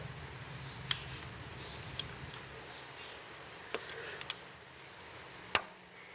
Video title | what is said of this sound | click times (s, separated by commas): 08 Chevy impala Throttle body assembly | it in there and push and tell you her a snap like | 5.6 s